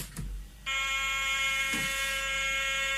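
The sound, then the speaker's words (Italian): A harsh, buzzing digital tone from a Commodore 64 cassette tape loading in 1986 cuts in abruptly after a brief quiet moment and holds steady and loud, rich in raspy high overtones, with no voices. “Sullo schermo si alternano righette colorate punteggiate da rauchi suoni digitali. La cassetta del Commodore 64 gira.”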